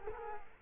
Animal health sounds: mosquito wingbeat signal from an infrared sensor; Culex quinquefasciatus

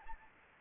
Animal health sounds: mosquito wingbeat signal from an infrared sensor; Anopheles arabiensis

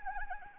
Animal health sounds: mosquito wingbeat signal from an infrared sensor; Anopheles arabiensis

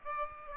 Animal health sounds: mosquito wingbeat signal from an infrared sensor; Aedes aegypti

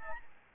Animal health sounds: mosquito wingbeat signal from an infrared sensor; Aedes albopictus

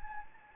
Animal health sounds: mosquito wingbeat signal from an infrared sensor; Anopheles gambiae

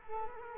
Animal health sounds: mosquito wingbeat signal from an infrared sensor; Culex quinquefasciatus

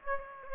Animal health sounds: mosquito wingbeat signal from an infrared sensor; Aedes aegypti

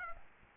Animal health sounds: mosquito wingbeat signal from an infrared sensor; Aedes aegypti

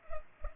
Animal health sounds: mosquito wingbeat signal from an infrared sensor; Culex pipiens

